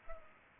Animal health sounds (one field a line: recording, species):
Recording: mosquito wingbeat signal from an infrared sensor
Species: Culex pipiens